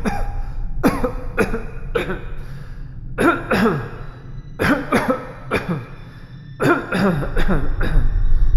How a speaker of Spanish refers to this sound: simultáneamente fue víctima de un paroxismo de prolongada y violenta tos.